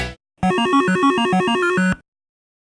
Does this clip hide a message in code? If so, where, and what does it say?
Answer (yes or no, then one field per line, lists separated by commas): no